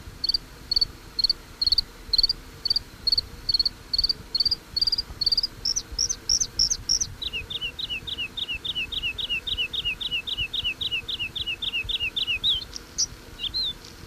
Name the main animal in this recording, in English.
Bluethroat